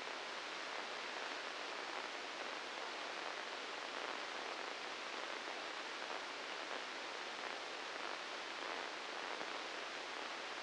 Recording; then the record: brain microelectrode recording played as sound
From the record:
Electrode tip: inside the subthalamic nucleus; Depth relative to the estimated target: -1 mm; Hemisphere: left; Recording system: NeuroSet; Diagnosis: Parkinson's disease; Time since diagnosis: 19 years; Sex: female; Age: 69 years